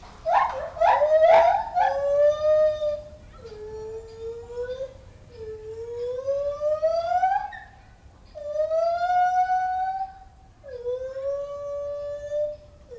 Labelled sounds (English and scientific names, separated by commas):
Lar Gibbon (Hylobates lar) call